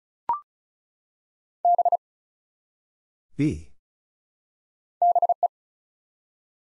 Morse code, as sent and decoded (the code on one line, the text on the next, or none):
-... / -... .
B BE